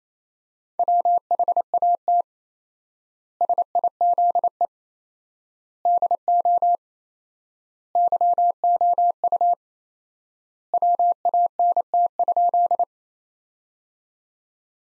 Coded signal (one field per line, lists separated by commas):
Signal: Morse code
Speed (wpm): 28 wpm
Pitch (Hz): 700 Hz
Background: none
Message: WHAT SIZE DO YOU WANT?